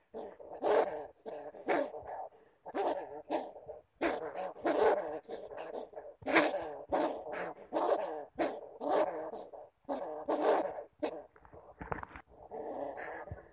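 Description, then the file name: Bamboo rat giving harsh, growling calls in short bursts, repeated with brief gaps throughout. "Tieng dui keu"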